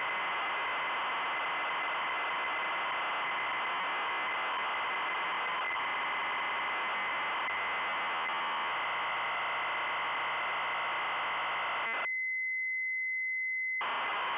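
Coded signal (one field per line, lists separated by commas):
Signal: ZX Spectrum tape loading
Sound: loud harsh buzzing data screech, then a clean steady high tone near the end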